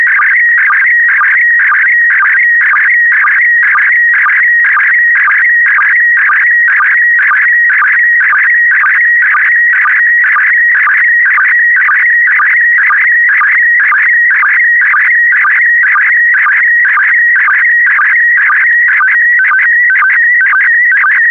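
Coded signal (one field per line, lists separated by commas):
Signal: SSTV (slow-scan television)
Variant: PD120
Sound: continuous warbling tone with a steady rhythmic chirp about twice a second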